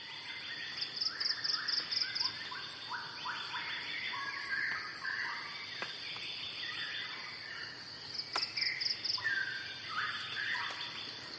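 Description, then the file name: Shama singing varied whistled phrases over a steady insect drone, with bursts of pulsed high trills and a couple of sharp clicks. "shama-song listening-earth"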